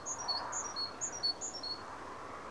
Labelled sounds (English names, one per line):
Great Tit